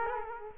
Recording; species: mosquito wingbeat signal from an infrared sensor; Culex quinquefasciatus